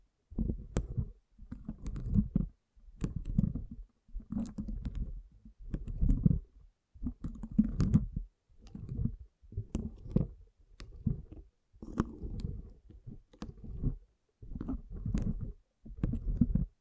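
Water beads squish and roll in short, low, rhythmic bursts about once a second, with brief pauses and sharp tiny clicks scattered throughout.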